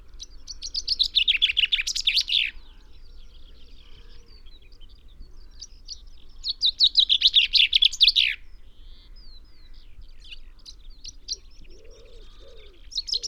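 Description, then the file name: Common chaffinch giving its descending trilled song with a final flourish twice, roughly six seconds apart, and starting a third at the end, with faint chirps and soft calls between phrases. "Fringilla coelebs"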